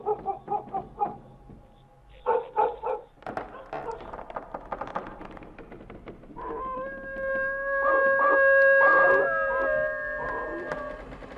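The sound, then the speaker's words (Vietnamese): A neighbour's dog lets out a quick run of sharp barks, then breaks into a long, wavering howl that rises and holds steady, loud and sustained over the final seconds. “Con chó nhà hàng xóm bấy giờ cứ chĩa sang bên này mà chu lên rồi cắn ông ầm.”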